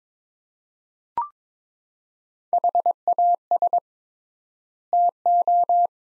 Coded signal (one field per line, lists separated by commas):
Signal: Morse code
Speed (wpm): 22 wpm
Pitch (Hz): 700 Hz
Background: none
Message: HAS TO